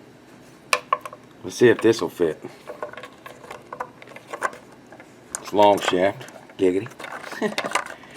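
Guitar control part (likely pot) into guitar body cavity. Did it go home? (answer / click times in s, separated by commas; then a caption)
no / none. A long-shaft guitar control part, likely a pot or switch, is handled at the control cavity of a $50 BC Rich Mockingbird guitar body, likely wooden, while someone talks. Sharp metallic clinks and light taps sound around 0.7 and 0.9 seconds, followed by quieter ticks and rattles through the middle of the clip. Nothing has seated or clicked into place yet.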